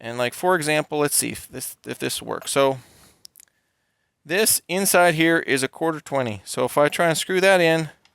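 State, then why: Not seated. Someone talks while a correctly sized 1/4 NPT brass pipe fitting is brought to a threaded test hole to be screwed in, with a few faint, short clicks of handling heard around 3.3 to 3.5 seconds during a pause in the talk. Nothing has seated or clicked into place yet.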